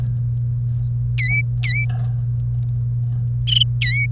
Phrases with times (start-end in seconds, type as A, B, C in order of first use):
1.18-1.85 A, 3.81-4.06 A